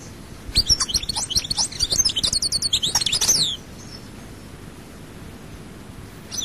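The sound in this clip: European goldfinch delivering one lively, twittering phrase of tinkling notes for about three seconds, followed by near silence.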